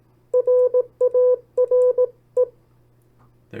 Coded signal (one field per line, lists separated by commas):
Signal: Morse code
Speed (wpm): 18 wpm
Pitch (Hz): 500 Hz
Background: none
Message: RARE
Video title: CW Copy Practice; 10 sets of Opposite Words. Learn CW, Learn Morse Code